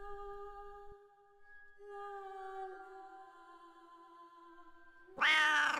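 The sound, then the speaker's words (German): A cat lets out one long, drawn-out meow, holding a steady tone that sags slightly in pitch, then breaks into a sudden loud, harsh yowl at the end. No one speaks. “Was hockt dieses Katzentier immer nur in ihrem Zimmer?”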